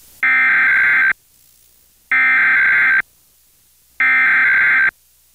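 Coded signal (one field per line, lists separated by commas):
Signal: Emergency Alert System (SAME) tones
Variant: header bursts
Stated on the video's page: NOAA Weather Radio EAS tones during an apparent nationwide station maintenance period, from stations in several states.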